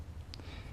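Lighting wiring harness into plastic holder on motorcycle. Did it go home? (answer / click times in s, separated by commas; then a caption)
yes / 0.3 s. A folded lighting wiring harness connector on a motorcycle is carefully clipped into its plastic holder. A sharp, bright click sounds at 0.3 seconds, followed by a softer rustle, and the connector is seated in the holder.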